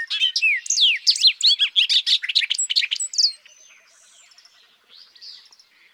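Bobolink song, a fast cascade of jangling, bouncy notes running over three seconds before fading into quieter, softer warbling.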